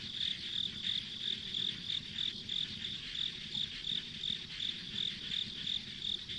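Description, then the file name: Insects calling with rhythmic high-pitched chirps, about three per second. Ambient insect sounds recorded on a country road. "田舎道の虫の環境音"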